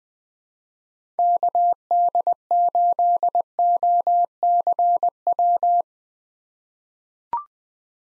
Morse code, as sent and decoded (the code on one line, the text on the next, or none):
-.- -.. ---.. --- -.-. .--
KD8OCW